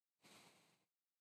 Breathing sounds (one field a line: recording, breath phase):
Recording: one breath near a microphone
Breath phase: exhalation